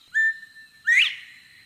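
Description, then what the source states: Northern Bobwhite giving its whistled call: a short, level first note, then an upward-sweeping second note. Male whistling in spring to catch the attention of a female, after winter coveys disband.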